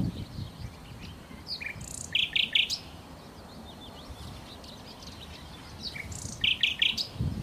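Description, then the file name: Common nightingale giving short, loud, pulsed phrases twice, several seconds apart. "Nachtigall"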